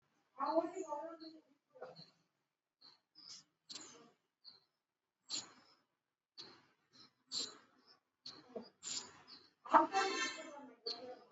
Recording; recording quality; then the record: deep breathing; moderate, slight background noise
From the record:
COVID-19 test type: RT-PCR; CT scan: not taken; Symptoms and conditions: cough, cold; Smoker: no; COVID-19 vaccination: both doses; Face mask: worn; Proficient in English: yes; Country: India